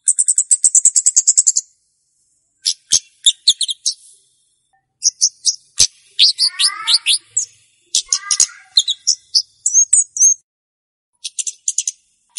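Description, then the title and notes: Flowerpecker giving high rapid ticking runs and sharp chips, with a few lower descending notes slipping in midway. Lure call used for bird trapping. "Kicau Pancing Burung Kemade ( Cabe Cabean). Suara Burung Cabe Cabean Pikat"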